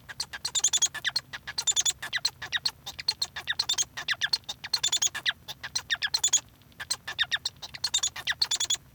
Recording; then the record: song of a male Bengalese finch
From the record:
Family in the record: son of father 1